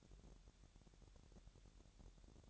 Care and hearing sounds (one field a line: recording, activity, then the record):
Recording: daily activity, microphone in the room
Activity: take from stove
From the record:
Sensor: 3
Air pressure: 1012.0 hPa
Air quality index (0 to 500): 211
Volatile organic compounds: 4 ppm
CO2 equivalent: 1578 ppm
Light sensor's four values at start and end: 105/249/103/94 and 105/249/103/94